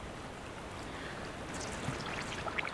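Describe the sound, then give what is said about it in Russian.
Bubbles blown by a woman submerged up to her ears in a Japanese onsen hot spring: a steady watery wash with soft gurgling, and a few brighter bubbly pops rising toward the end. No one speaks. “Погрузившись по уши в ансен, … пускает пузыри.”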